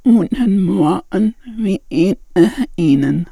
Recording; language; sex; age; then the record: spoken sentence; German; female; 50 to 59 years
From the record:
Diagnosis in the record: hypernasality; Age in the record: 55 years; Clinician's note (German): Ausgeprägt, mit Gaumensegelparese links, Synechie vordere Kommissur, subglottische Stenose